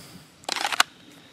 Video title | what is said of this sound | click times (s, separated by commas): Not A Hipster Pistol- CZ-75B Omega | yeah it locks into place | 0.8 s